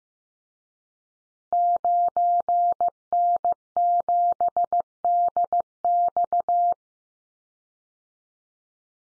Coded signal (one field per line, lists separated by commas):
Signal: Morse code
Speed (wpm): 15 wpm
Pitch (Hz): 700 Hz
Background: none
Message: 9N7DX